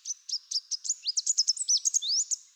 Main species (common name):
Chestnut-capped Warbler